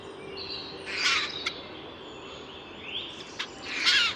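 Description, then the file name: Eurasian jay uttering two rough, grating screeches about three seconds apart, with faint high chirps of other birds and constant background noise. "Garrulus glandarius"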